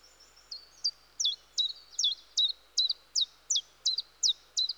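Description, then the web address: Common chiffchaff singing a steady series of sharp, high notes, about two to three per second, with faint background hiss. "BBC Sound Effects Library. Chiffchaff"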